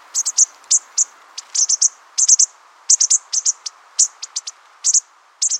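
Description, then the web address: Bushtit calls: a steady stream of tiny, high-pitched ticking chips, given singly and in fast doublets or triplets, uneven in spacing, over a faint hiss. Flock calls; quiet calling helps flock members keep track of one another. "Birdnote. Bushtits"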